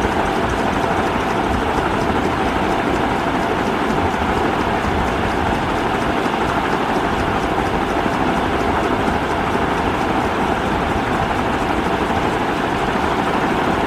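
A ceiling fan runs with a steady, dense whoosh that never changes in level over the whole stretch. The sound is full, weighted toward a low rumble with a soft airy hiss above, and a faint constant hum sits underneath.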